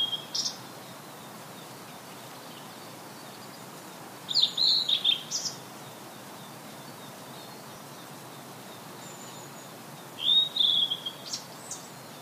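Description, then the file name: Blue-and-white flycatcher song: a brief note at the start, then two bright whistled phrases of quick slurred notes about six seconds apart, with a faint chirp between them and steady background hiss. "oruri"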